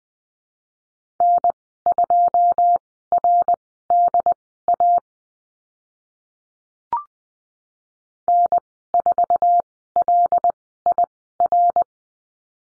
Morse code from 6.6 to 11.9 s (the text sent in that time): N4LIR